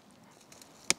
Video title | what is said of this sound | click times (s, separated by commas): KILOS GEAR Trail and Camp Tables | All right, so now they're snapped into place. | 0.9 s